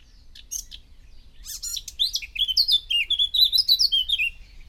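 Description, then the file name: Eurasian blackcap singing a subdued, scratchy warble that builds into a loud, bright run of rich, down-slurred whistles. "Sylvia atricapilla"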